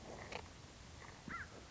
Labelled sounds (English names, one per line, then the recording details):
American Crow
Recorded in Sonoma County, California